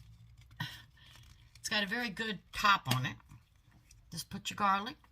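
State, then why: Not seated. Someone talks while handling a plastic garlic keeper and its plastic screw-on top, with a few faint handling knocks, the clearest around 0.6 s. The top has not been screwed on yet, and nothing has seated or snapped shut.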